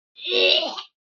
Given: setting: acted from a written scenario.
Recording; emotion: vocal sound without words; disgust